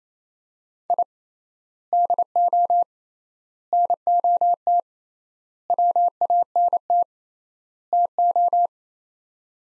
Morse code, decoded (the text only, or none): I DO NOT WANT TO